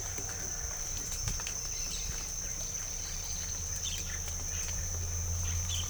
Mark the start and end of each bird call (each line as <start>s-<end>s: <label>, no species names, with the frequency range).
3.74s-4.17s: bird call (1.5-5.0 kHz)